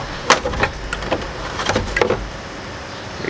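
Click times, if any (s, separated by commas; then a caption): 2.0 s. While an LED DRL is installed on a 2004 Chevy Avalanche, the plastic retaining tab of the headlight or DRL housing, set in a hole in the truck's front end, is pressed in. Several sharp plastic clicks and knocks are heard, and at 2.0 s the housing pops free.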